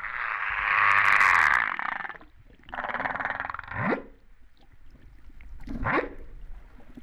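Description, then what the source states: Humpback whale song: a loud broad moan, then a pulsed buzzy unit ending in a steep upsweep, and another rising whoop after a quieter gap. Recorded off Réunion on 13 September 2011, about 08:35.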